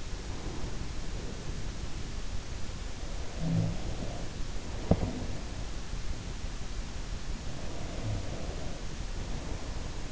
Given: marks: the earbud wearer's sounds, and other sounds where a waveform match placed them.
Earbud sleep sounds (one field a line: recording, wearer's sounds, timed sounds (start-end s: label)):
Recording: sounds in sleep by an in-ear microphone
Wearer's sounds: breath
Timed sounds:
0.00-2.36 s: breath
3.23-5.16 s: sound from someone else or the room
7.54-10.12 s: breath